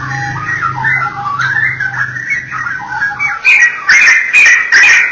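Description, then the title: Oriental magpie-robin song: fluid whistles over a steady low hum, then louder, harsher scratchy bursts in the final seconds. "Kicau Kacer"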